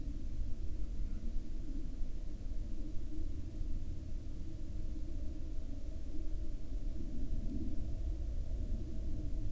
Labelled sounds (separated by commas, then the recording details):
machinery, aircraft
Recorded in the Prudhoe Bay oil fields, Alaska, on 21 July 2019 at 04:03
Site 13